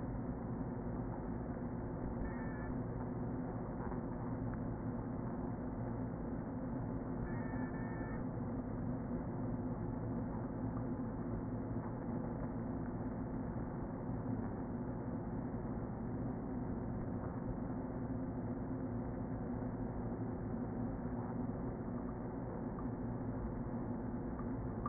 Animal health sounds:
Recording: honeybee colony, microphone inside the hive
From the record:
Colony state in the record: queen present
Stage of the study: before two queens were removed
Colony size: about 60,000 bees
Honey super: yes

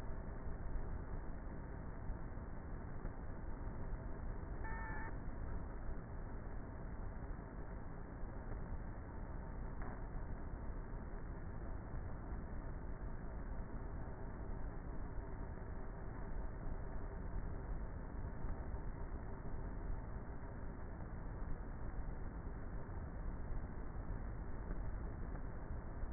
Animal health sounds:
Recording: honeybee colony, microphone inside the hive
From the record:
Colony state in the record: queenless with a low population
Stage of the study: before two queens were removed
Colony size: about 30,000 bees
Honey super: no

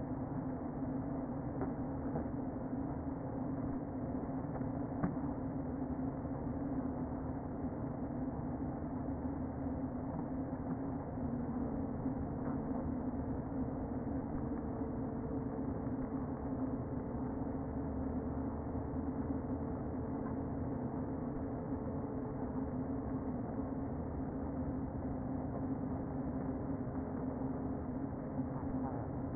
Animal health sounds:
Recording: honeybee colony, microphone inside the hive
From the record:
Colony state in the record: queen present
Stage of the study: before two queens were removed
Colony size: about 60,000 bees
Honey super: yes

